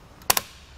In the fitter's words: you hear those clips from your tool know it's tight enough so just make sure you get both sides totally torqued now